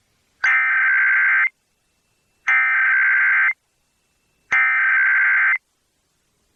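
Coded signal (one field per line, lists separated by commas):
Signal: Emergency Alert System (SAME) tones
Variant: header bursts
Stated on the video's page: National EAS Test as received in New York City, captured with an HD PVR Rocket.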